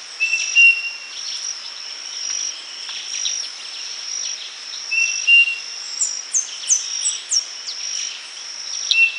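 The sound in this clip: Bird calls: short steady whistled notes repeated a few times, with quick high chirps near the end, over a constant high insect-like drone.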